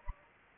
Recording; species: mosquito wingbeat signal from an infrared sensor; Anopheles gambiae